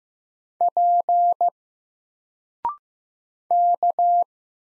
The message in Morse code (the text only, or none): P K